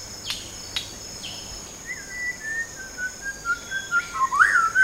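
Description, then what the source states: White-rumped shama: soft level whistles building into a louder looping rising phrase at the end, with insect drone and a couple of sharp clicks. Recorded at Danum on 8 August 2009.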